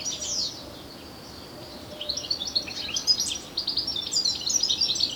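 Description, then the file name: European goldfinch: one short chirp, a quiet pause, then a run of fast, tinkling twitters to the end. "Carduelis carduelis"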